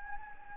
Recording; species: mosquito wingbeat signal from an infrared sensor; Anopheles gambiae